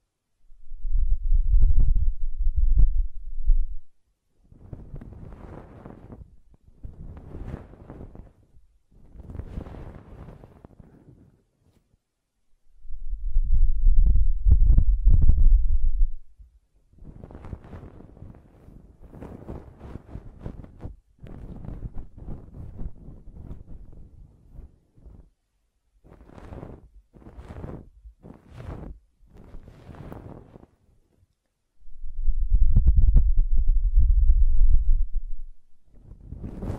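Ear cleaning with blowing: three loud, low, rumbling gusts of air at about 0–4, 13–17 and 32–37 seconds. Between them come softer scratchy rubbing and brushing sounds, some in quick bursts, with near silence in the gaps.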